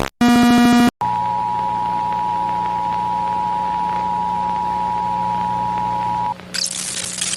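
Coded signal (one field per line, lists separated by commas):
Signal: Emergency Alert System (SAME) tones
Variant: 853 and 960 Hz attention tone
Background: music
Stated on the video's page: Animated EAS alarm made with FlipaClip.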